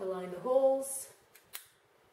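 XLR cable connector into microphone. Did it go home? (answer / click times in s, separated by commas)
yes / 1.5 s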